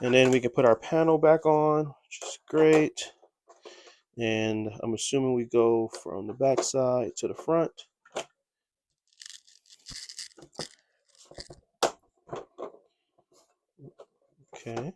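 Someone talks while sliding a plastic side panel back onto a PS5 Pro 30th Anniversary Edition console body, from the back side toward the front. Scraping plastic ticks and knocks are heard between about 9 and 12 seconds, with one sharp crack near 11.8 seconds. The panel has not seated or clicked into place yet.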